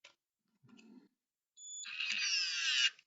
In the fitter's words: and we have the lights activating you could hear the latch activating